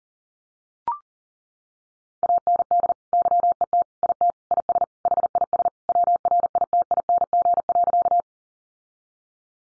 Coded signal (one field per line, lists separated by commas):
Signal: Morse code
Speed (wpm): 37 wpm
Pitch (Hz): 700 Hz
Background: none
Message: AND YET IT IS HIS WRITING.